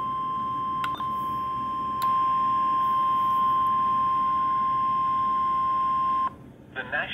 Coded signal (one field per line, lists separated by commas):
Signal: Emergency Alert System (SAME) tones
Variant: 1050 Hz attention tone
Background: speech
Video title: EAS Special Marine Warning (5/4/21)